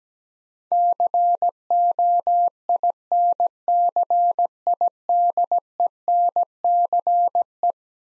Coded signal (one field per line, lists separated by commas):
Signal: Morse code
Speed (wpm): 17 wpm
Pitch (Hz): 700 Hz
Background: none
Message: COINCIDENCE